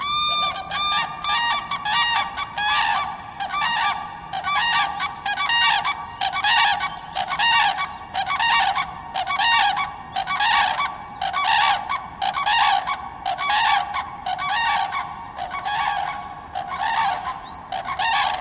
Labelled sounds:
Common Crane (Grus grus) call
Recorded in the wild
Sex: pair
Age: adult
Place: Schönow, Naturpark Barnim, Brandenburg, DE
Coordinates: 52.6786, 13.5083
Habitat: wetland
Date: 2010-04-18
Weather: heiter, 10°C, windstill
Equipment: Sound Devices 702, Sennheiser MKH 70, Rycote Windschutz
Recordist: Frommolt, Karl-Heinz

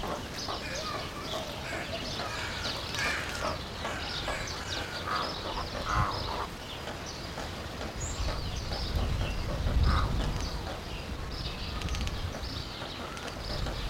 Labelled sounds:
White-faced Heron (Egretta novaehollandiae)
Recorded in captivity
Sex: pair
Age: adult
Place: Tierpark Berlin, Berlin, DE
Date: 1992-04-04 11:25
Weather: bedeckt, 5-8°C
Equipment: Nagra SN, Mikrofon AKG CK 8, Kopie Tesla B 116
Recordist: Tembrock, Günter

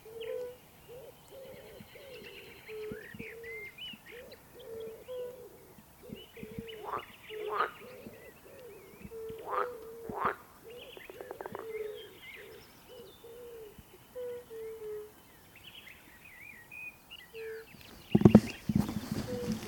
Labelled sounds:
Fire-Bellied Toad (Bombina bombina) call
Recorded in the wild
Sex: male
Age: adult
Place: Bernau bei Berlin, Börnicker Feldflur, Brandenburg, DE
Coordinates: 52.667, 13.625
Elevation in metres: 86
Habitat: pond
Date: 2023-05-03 20:56
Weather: air 16°C, water 16°C
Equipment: Sound Devices 702, Sennheiser MKH 415 T, Rhode Windschutz
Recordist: Frommolt, Karl-Heinz

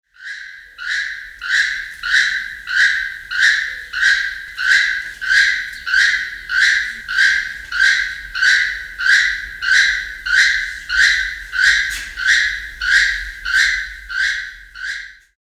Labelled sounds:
Keel-billed Toucan (Ramphastos sulfuratus)
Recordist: Tembrock, Günter
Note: Rufreihe

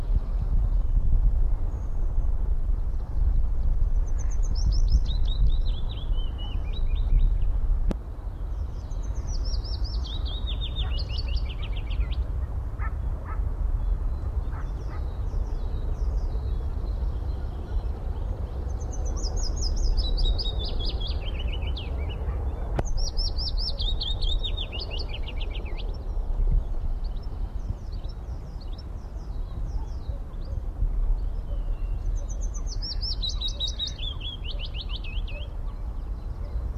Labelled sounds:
Willow Warbler (Phylloscopus trochilus)
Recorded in the wild
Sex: male
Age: adult
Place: Karower Teiche, Naturpark Barnim, Berlin, DE
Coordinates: 52.62, 13.46
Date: 1994-04-24 10:09
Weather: heiter-wolkig, 16-20°C
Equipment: Marantz CP 430, Sennheiser ME 80, Kopie Uher Variocord 263
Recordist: Tembrock, Günter

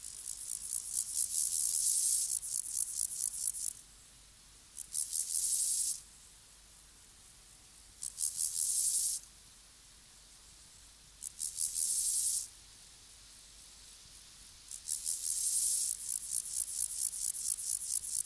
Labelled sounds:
Steppe Grasshopper (Chorthippus dorsatus) stridulation
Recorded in the wild
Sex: male
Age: imago
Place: Summt, Brandenburg, DE
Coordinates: 52.6894, 13.3617
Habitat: wet meadow, glade
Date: 1983-08-20 17:43
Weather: hazy, 28°C
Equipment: Nagra SN (Automatic), Sennheiser MKH 416 T, Kopie Uher 4000 Report Monitor
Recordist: Tembrock, Günter

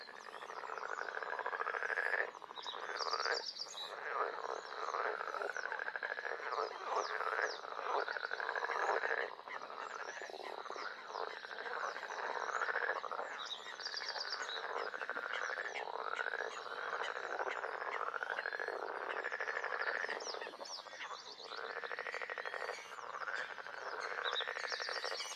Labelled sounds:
Edible Frog (Pelophylax esculentus) call
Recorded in the wild
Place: Kützerhof, Kummerower See, Mecklenburg-Vorpommern, DE
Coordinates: 53.8531, 12.8686
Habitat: wetland
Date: 2010-06-22
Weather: heiter, 9°C, schwacher Wind
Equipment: Sound Devices 702, Rode NT1-A Stereopaar
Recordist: Frommolt, Karl-Heinz

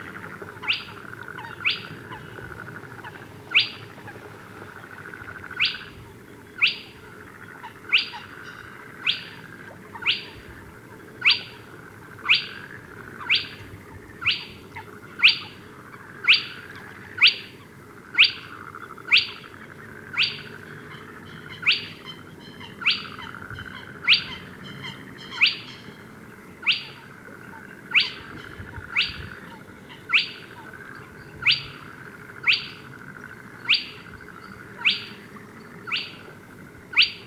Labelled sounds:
Spotted Crake (Porzana porzana) call
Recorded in the wild
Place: Schwerin, Großer Dambecker See, Mecklenburg-Vorpommern, DE
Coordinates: 53.781, 11.392
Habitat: lake
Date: 1975-05-09 21:30
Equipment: Nagra III BH, Sennheiser MD 21, parabola
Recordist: Schubert, Michael
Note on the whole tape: Tüpfelsumpfhuhn

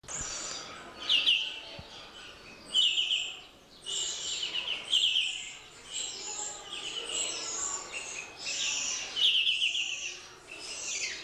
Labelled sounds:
Black-headed Bulbul (Pycnonotus atriceps)
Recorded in captivity
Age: adult
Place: Zoo Berlin, Berlin, DE
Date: 1986-04-16 11:01
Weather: sunny, 12°C
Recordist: Tembrock, Günter

